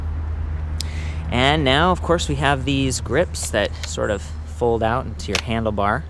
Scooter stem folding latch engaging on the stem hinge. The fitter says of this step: long stem folds up and then there's that red thing that kind of clicks into place.